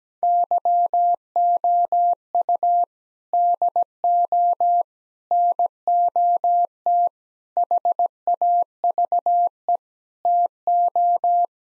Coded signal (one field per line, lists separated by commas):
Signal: Morse code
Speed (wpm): 17 wpm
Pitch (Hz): 700 Hz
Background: none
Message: YOU DO NOT HAVE TO